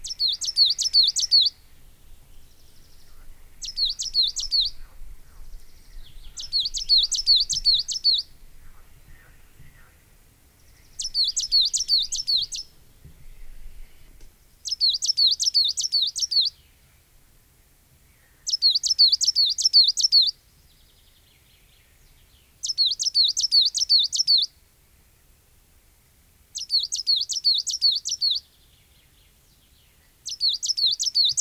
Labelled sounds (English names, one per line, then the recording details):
Coal Tit
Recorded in the wild
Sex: male
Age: adult
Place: Röttenbach, Bayern, DE
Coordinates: 49.665, 10.9544
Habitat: pond
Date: 1963-06-25
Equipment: Nagra, Original, Vollspur
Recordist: Tretzel, Erwin